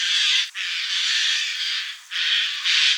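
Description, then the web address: Eurasian jay giving loud, harsh, rasping screeches, long and drawn out, broken by two brief gaps. Recorded in Slovenia. "slo birds Garrulus-glandarius"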